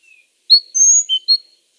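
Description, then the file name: Great tit calls: a faint thin note, then four high whistled notes at shifting pitches within about one second, in a quiet setting. "Parus major"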